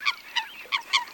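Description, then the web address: Eurasian coot giving several short, nasal, honking notes in about a second, unevenly spaced, with faint background hiss. Recording made for a decoy caller sound chip. "Лысуха Folaga. plurifon"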